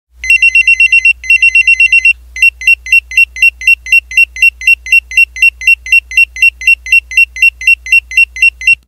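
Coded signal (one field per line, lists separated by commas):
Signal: pager alert tone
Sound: fast warbling two-tone electronic beeps in repeated bursts, about eight warbles each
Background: low hum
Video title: pager beeps sound effects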